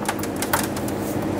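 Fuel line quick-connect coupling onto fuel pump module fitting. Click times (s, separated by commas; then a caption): 0.1 s, 0.4 s, 0.5 s. A fuel line quick-connect coupling is slid by hand, with no special tools, onto the fuel pump module fitting of a 1999-2007 Ford F-350 with the 7.3L Powerstroke. Sharp clicks sound at about 0.1 s, 0.4 s and 0.5 s over a steady background hum, with the last click the loudest. The coupling seats and locks in, and a pull check confirms it is completely locked on.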